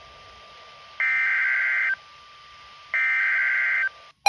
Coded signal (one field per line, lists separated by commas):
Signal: Emergency Alert System (SAME) tones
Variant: header bursts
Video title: [EAS #2478] Ventura County Flash Flood Warning (6/16/23)